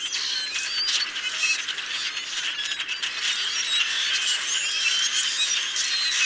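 Common grackle flock with ratchety, clicking creaks and squeals in an uneven, continuous tangle of sound.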